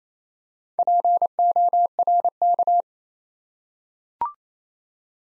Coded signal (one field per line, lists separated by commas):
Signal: Morse code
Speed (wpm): 27 wpm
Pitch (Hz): 700 Hz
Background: none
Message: PORK